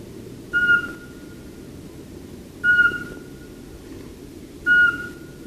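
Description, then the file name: Eurasian Pygmy Owl calling with single flat whistles, each brief note repeated roughly every two seconds, three in all, against a constant low hum. "VARPUSPOLLO"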